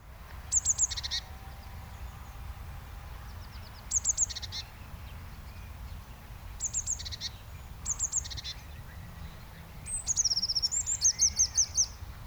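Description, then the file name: Eurasian blue tit giving repeated high, thin, descending note triplets with brief buzzy tails, ending in a longer run of quick piping notes, with steady low background rumble. "Cyanistes caeruleus"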